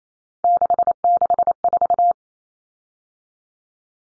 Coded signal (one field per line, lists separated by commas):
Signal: Morse code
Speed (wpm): 28 wpm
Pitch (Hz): 700 Hz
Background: none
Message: 664